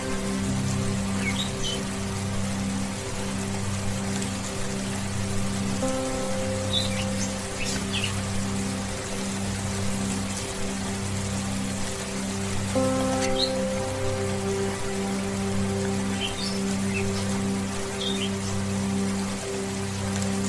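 Soothing meditation music plays over steady rain. Sustained low drone tones hold throughout, with new held notes entering around six and thirteen seconds, while the rain hiss stays constant. Brief high chirps surface now and then.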